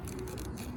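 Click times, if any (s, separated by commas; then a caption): none. A small wiring harness connector is handled at a fuel injector on a Fiat Abarth during an E85 conversion, with faint scraping and a few brief plastic ticks over a steady low hum. Nothing has seated or clicked yet; the connector is not yet home.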